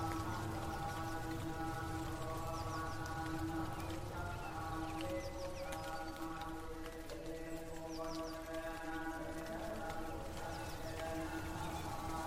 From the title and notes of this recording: Buddhist mountain temple ambience. The chanting of thai buddhist monk.